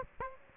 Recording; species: mosquito wingbeat signal from an infrared sensor; Aedes aegypti